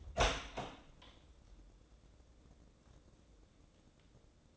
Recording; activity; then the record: daily activity, microphone in the room; open door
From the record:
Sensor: 3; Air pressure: 1012.3 hPa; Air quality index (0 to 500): 182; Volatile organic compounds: 3 ppm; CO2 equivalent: 1388 ppm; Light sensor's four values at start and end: 534/1328/548/561 and 519/1289/531/542